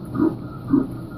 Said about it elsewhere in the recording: They share the sounds of their heart beating, telling you they're alive and growing. An unborn baby's heart is already beating at just 3 weeks. By 5 weeks, you can hear that heartbeat on ultrasound.